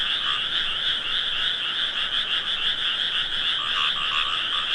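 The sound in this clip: Frogs calling en masse, an even, high-pitched rattling chorus, with a few lower croaks late.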